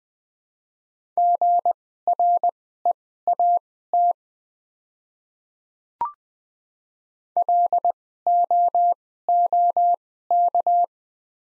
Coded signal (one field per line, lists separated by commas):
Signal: Morse code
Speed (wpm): 20 wpm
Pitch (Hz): 700 Hz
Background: none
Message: GREAT LOOK